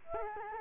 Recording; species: mosquito wingbeat signal from an infrared sensor; Culex quinquefasciatus